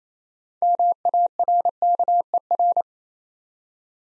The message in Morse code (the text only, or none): MARKER